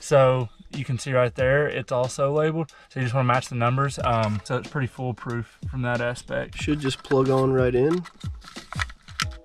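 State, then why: Seated. Someone talks while a throttle controller harness connector on a Genesis Coupe is pushed onto the plastic accelerator pedal sensor plug after the pin numbers are matched. A few small clicks and taps follow near the end, with a sharp click at 9.2 s as the connector seats.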